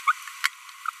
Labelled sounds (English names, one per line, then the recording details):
Green-rumped Parrotlet babbling
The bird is a female
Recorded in a nest box in Venezuela
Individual 17B42B2